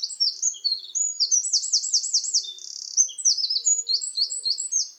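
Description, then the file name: Eurasian wren singing throughout, a vigorous stream of piercing high notes with a fast rolling trill in the middle and quick chattering phrases after. "Troglodytes troglodytes"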